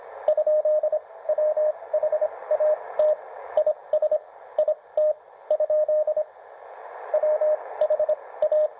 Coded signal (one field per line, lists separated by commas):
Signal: Morse code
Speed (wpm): 26 wpm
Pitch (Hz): 620 Hz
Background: radio noise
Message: ? WHAT IS IT ? WH A